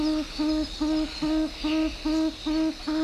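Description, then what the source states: Tawny frogmouth call: a low, soft humming note repeated steadily, eight evenly spaced notes at about two and a half per second. Played on radio.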